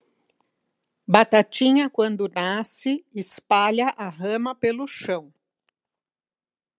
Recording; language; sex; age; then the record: short text; Brazilian Portuguese; female; 50 to 59 years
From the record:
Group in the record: control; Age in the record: 53 years